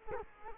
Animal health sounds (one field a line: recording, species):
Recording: mosquito wingbeat signal from an infrared sensor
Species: Culex quinquefasciatus